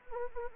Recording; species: mosquito wingbeat signal from an infrared sensor; Anopheles arabiensis